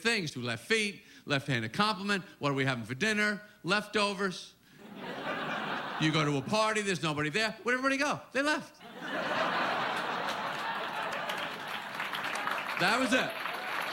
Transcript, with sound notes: two left feet, left-handed compliment. What are we having for dinner? Leftovers.
(LAUGHTER)
You go to a party. There's nobody there. Where did everybody go? They left.
(LAUGHTER)
That was it.